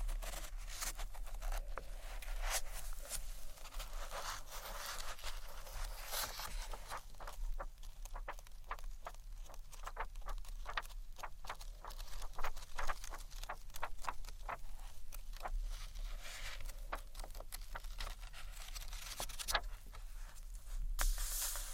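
Gentle scratchy tapping on books, a steady run of dry, bright clicks and scrapes with no pauses. The taps come quickly and unevenly, growing denser and sharper after the middle and again near the end, over a constant low hum.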